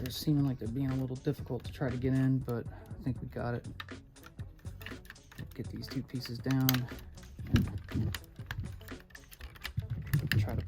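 During the transformation of a Planet X PX-C04 Cacus, a Transformers MP-scale IDW Grimlock robot figure, two plastic panel pieces are pushed together while someone talks over faint background music. Light plastic taps and clicks are heard around 4.3–5.4 s and 8.5–10.1 s, and the loudest snap at 10.3 s is the pieces seating into place.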